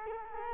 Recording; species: mosquito wingbeat signal from an infrared sensor; Culex quinquefasciatus